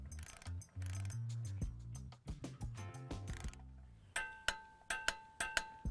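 A click-type torque wrench set to 65 ft-lb is pulled on a threaded fastener until it reaches its setting and gives its audible click, which can also be felt in the handle. The first four seconds carry tonal, musical sound. Then the wrench clicks sharply at 4.2 s and 4.5 s, followed by similar paired clicks near 4.9, 5.1, 5.4 and 5.6 s, confirming the setting was reached.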